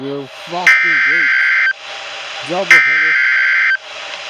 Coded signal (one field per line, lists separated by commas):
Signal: Emergency Alert System (SAME) tones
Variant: header bursts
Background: speech